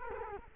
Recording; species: mosquito wingbeat signal from an infrared sensor; Culex quinquefasciatus